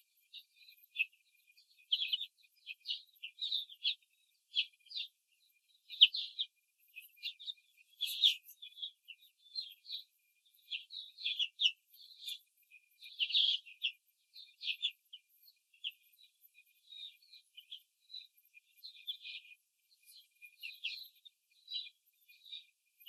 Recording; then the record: young laying hens in a cage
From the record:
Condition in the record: control cage, before the stress test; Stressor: none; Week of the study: 4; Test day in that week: 3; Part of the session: 3